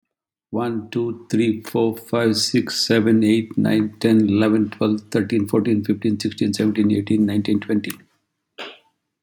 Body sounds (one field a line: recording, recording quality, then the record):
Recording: counting at a fast pace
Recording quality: excellent, no background noise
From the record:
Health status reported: healthy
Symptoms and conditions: diabetes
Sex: male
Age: 57 years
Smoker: not ticked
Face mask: not worn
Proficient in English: yes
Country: India